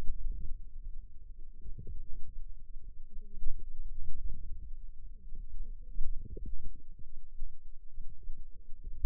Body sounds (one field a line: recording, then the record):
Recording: forearm muscle sounds (acoustic myography)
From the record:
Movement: wrist flexion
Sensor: system 2, bracelet of six BSWA MPA416 microphones around the upper forearm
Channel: 1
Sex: female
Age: 21 years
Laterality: right